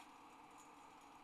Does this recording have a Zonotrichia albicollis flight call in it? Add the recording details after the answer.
no. No flight call is heard. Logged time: 23:23 on 29 November 2014